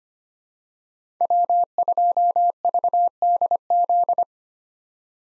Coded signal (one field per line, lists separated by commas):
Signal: Morse code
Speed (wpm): 25 wpm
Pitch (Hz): 700 Hz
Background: none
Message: W2VDZ